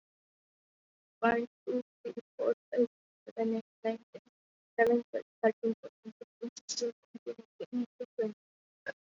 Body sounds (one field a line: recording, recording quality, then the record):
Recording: counting at a fast pace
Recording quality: poor, much background noise or distortion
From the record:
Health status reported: COVID-19 positive, moderate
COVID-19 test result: positive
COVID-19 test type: RT-PCR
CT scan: not taken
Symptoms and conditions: cough, fever, fatigue, muscle pain, loss of smell and taste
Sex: female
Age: 34 years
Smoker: no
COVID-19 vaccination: both doses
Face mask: worn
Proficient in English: yes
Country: India